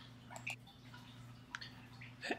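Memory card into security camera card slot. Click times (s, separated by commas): 1.6 s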